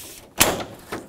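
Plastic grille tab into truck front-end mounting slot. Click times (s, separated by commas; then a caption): 0.4 s. A plastic grille tab on a 1997-2003 Ford F-150 is pressed into its mounting slot on the truck's front end, with the grille pushed on its other side. A sharp plastic click at 0.4 s marks the second tab snapping home, followed by a fainter sound near 0.9 s. The grille is now seated with a click on each side.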